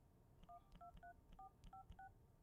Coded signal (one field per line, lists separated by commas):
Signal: DTMF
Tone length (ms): 110 ms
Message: 123456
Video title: Phone Dialing Sound Effect in ((STEREO))